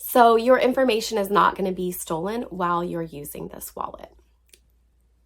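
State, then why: Seated. Someone talks for the first four seconds, then the flap of an Aiuwo men's slim leather card wallet is closed and its four strong magnets pull it shut. A sharp snap is heard at 4.5 s, with a faint tick just after. The magnetic flap closes fully and stays shut.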